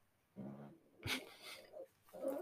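Rough, low, buzzing breath sounds come from a dog, with a sharper noisy snort in between, in a couple of irregular cycles. This is ordinary dog snoring, with airway vibration during sleep breathing, heard in the background of a quiet room; the snoring is recurring.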